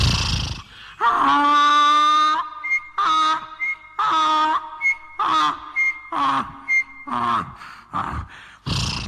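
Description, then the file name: Donkey braying: loud, harsh, harmonic honks alternate with short, higher, clipped notes in an uneven see-sawing series. "donkey voice"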